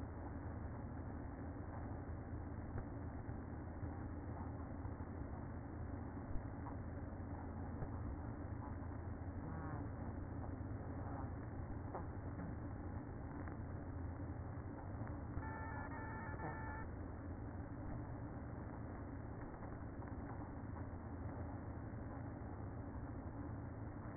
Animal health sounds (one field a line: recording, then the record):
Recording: honeybee colony, microphone inside the hive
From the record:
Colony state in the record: queen present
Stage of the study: after two queens were removed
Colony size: about 60,000 bees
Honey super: yes